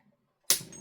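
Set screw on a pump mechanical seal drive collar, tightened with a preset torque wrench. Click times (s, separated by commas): 0.5 s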